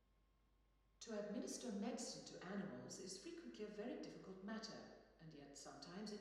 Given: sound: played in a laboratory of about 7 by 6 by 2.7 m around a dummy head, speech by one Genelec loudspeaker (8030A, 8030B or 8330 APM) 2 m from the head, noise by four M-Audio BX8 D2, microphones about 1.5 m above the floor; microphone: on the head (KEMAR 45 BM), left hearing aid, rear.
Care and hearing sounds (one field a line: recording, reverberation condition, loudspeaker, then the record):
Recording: female speech in English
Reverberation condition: high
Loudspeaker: 150 degrees to the left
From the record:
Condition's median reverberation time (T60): about 1300 ms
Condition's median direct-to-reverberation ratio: about -4.0 dB